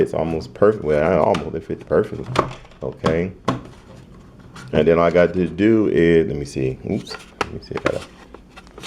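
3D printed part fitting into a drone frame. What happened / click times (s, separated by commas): The plastic part did not seat / none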